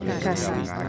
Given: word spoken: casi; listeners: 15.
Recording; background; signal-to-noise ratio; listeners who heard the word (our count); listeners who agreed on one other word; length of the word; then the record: one Spanish word in noise, from a listening test; eight-talker babble; -2.0 dB; 0 of 15; 12 of 15; 0.49 s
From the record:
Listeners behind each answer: 12, 2, 1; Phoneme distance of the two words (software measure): 10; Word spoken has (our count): 2 syllables, 4 phonemes, stress on syllable 1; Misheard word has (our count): 2 syllables, 4 phonemes, stress on syllable 1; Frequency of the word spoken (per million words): 478.27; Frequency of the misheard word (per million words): 557.58